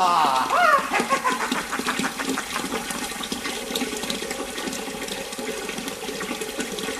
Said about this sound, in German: Ja, dann läuft ja das Wasser. Ja, wie ist denn das passiert? Ja, sowas. Also, dass ich das Wasser hab laufen lassen, das ist mir jetzt auch noch nie.